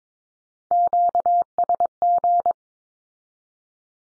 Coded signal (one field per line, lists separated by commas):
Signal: Morse code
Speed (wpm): 22 wpm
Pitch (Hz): 700 Hz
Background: none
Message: QSG